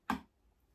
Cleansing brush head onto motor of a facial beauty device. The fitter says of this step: voilà il faut bien entendre le petit clip notre appareil est mis pour le module nettoyant